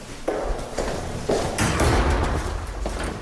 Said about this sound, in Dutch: We moeten door een beveiligingspoortje en door een zware deur. Als die achter ons in het slot valt, zien we een paar meter voor ons de volgende zware deur. En daarna nog één.